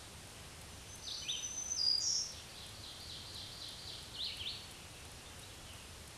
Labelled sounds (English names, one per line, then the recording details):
Black-throated Green Warbler song
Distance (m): 10 m
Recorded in a Pennsylvania forest on 1 June 2023 at 07:55
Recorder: AudioMoth, point grid3_16_low
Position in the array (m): 257 m, 138 m